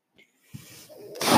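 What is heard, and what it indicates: Low mechanical rumble swelling into a loud rushing hiss of air, as a home ventilator delivers a breath.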